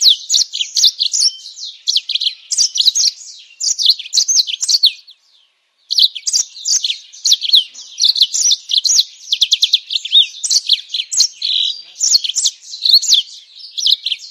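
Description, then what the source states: Bird song, a continuous stream of rapid high chirps and twittering notes, broken by a short silence around the fifth second. Masteran: training songs for cage birds.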